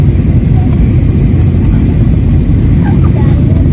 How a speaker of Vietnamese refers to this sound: Ngồi trên chiếc máy bay, nó bay là đà ngang sa mạc.